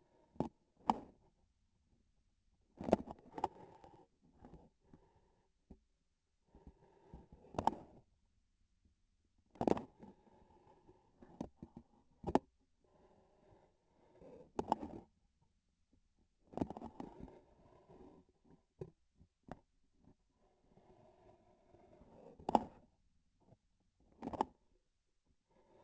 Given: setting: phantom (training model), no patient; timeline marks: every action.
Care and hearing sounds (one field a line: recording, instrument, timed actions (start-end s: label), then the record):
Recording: laparoscopic instrument, vibration sensor on the handle end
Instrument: grasping forceps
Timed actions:
0.71-1.25 s: grasping tissue
2.69-3.59 s: releasing tissue
7.30-8.14 s: grasping tissue
9.39-10.00 s: releasing tissue
14.50-15.16 s: grasping tissue
16.38-17.52 s: releasing tissue
22.24-23.03 s: grasping tissue
23.94-24.74 s: releasing tissue
From the record:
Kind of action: gesture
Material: synthetic tissue